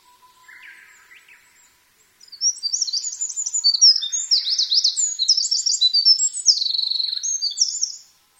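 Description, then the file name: Eurasian wren song: after faint lower chirps, a loud, rapid cascade of high trills and buzzy rattles runs for about six seconds without pause. "misosazai"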